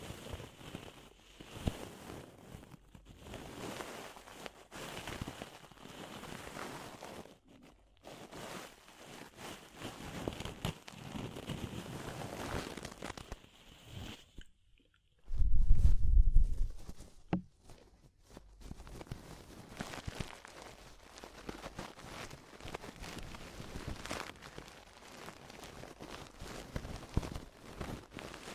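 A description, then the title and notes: Close, intimate ear-cleaning sounds: dense scratchy rustling and soft crackles pressed right against the microphone, coming in irregular bursts with brief near-silent pauses. Around the middle a heavy, low muffled rumble swells for about a second, like something pressed directly over the mic. ASMR DEEP Ear Penetrating Cleaning (No Talking).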